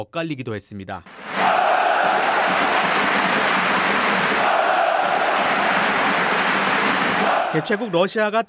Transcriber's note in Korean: 녹취: 축구경기 현장음